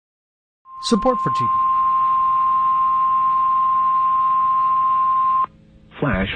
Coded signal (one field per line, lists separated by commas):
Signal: Emergency Alert System (SAME) tones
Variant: 1050 Hz attention tone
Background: speech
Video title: SAN ANTONIOS CATCHING ALERTS... EAS Alerts From 7/12/26 - 7/15/26 (EAS#6,257 - #6,289)